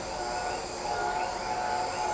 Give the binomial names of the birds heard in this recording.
none